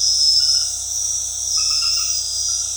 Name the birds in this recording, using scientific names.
none